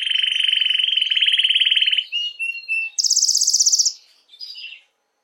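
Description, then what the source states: Canary singing a loud, even buzzing trill for two seconds, a few short notes, then a high rapid rattle and a brief warble. Belgian mosaic canary.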